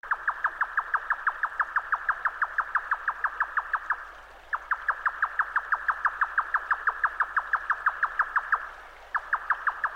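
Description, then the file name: Grey nightjar giving a fast, even series of knocking notes in runs of roughly four seconds broken by brief pauses. "yotaka"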